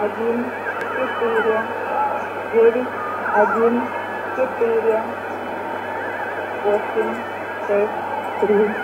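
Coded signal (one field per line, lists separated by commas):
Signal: numbers station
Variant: S06s Russian Lady, Russian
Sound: woman's voice reading Russian numbers through shortwave noise, hum and a warbling whistle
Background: radio static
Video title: 14 04 2020 S06s Russian Lady numbers station in Russian to Eu 1514 on 7242 unknown tx site USB+AM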